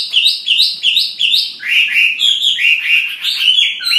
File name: audio gathering hwamei. omkicau